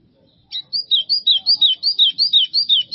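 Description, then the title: White-throated seedeater pouring out an even series of bright, rolling whistled notes, continuing to the end. "Canto Do Golinha"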